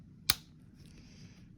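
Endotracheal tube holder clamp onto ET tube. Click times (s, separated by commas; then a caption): 0.3 s. An endotracheal tube securing device is clipped onto the ET tube, and its clamp locks in place. A single sharp, loud click rings out at 0.3 s, followed by faint light ticks and a low background hum. The holder is seated and locked on the tube.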